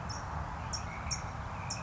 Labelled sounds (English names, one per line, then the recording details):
California Towhee
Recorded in Sonoma County, California